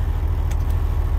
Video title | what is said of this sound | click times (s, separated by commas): How to replace your wiper switch on Freightliner Coronado Glider or Freightliner with similar switch | and then just put it back in the hole where it came from it should click into place and | 0.5 s